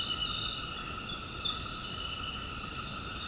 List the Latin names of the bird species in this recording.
none